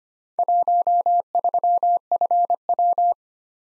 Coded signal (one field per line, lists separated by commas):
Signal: Morse code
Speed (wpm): 25 wpm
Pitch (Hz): 700 Hz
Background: none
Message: 13FW